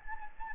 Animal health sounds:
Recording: mosquito wingbeat signal from an infrared sensor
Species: Anopheles gambiae

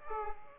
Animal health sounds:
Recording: mosquito wingbeat signal from an infrared sensor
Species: Aedes aegypti

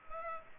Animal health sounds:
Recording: mosquito wingbeat signal from an infrared sensor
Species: Culex pipiens

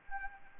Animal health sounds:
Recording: mosquito wingbeat signal from an infrared sensor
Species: Anopheles arabiensis

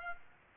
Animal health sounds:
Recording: mosquito wingbeat signal from an infrared sensor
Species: Aedes aegypti

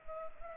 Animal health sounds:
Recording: mosquito wingbeat signal from an infrared sensor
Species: Culex pipiens

